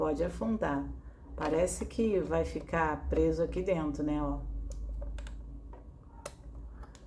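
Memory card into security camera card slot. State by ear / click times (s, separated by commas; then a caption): seated / 6.3 s. A microSD memory card is pushed into the card slot of a solar-powered wifi security camera while someone talks. Small taps and scrapes follow, then a sharp click at 6.3 seconds as the card latches and locks in place.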